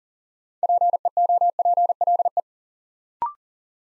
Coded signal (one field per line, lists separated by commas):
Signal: Morse code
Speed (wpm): 40 wpm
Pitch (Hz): 700 Hz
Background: none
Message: PEOPLE